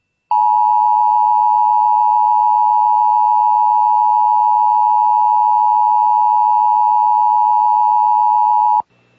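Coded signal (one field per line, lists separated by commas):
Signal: Emergency Alert System (SAME) tones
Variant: 853 and 960 Hz attention tone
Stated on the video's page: Personally captured EAS alerts from one day, compiled.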